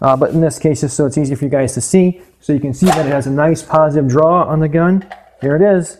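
Someone talks continuously while handling a handgun near a Vedder LightDraw polymer holster worn on the body, in preparation for reholstering it. Only speech is heard, with no distinct mechanical sounds. The pistol has not yet seated or clicked into the holster by the end of the clip.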